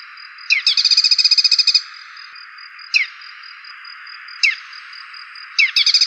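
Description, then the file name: Dark-necked tailorbird song: one long rapid trill of sharp repeated notes, then two short falling chips and the start of another trill, over steady insect drone. "cinenen belukar"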